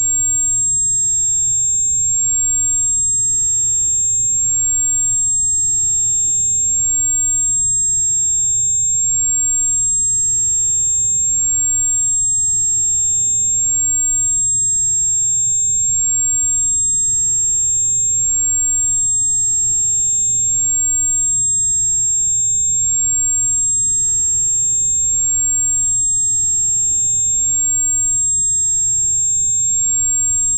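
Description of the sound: A steady, piercing high-pitched tone holds unchanged for about thirty seconds over a faint low background rumble. It is a simulation of tonal tinnitus at 7500 Hz, the constant ringing a person with this hearing symptom perceives.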